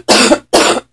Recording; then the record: coughing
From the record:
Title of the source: 61 morning phlegmy cough...again